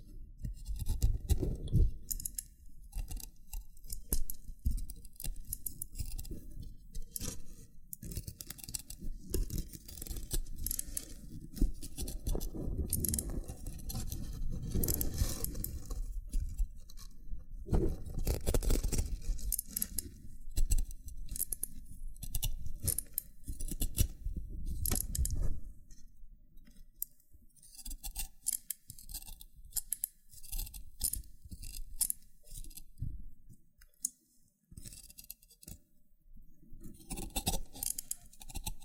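A loofah is scratched, rubbed and peeled in a dense run of crackly, popping sounds, with sharp clicks scattered throughout. Heavy low rubbing swells through the first twenty-five seconds, peaking around eighteen, then thins to lighter, sparser scratches and snaps.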